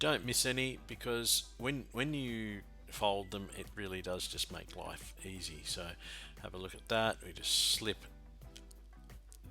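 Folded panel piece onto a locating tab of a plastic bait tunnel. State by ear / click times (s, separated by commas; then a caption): seated / 8.6 s, 9.3 s. Someone talks over background music while assembling a Sundew VESPEX European wasp bait tunnel, slipping a folded plastic panel piece onto a small locating tab of the plastic tunnel. The piece snaps into place with sharp clicks at 8.6 s and 9.3 s, and it is seated.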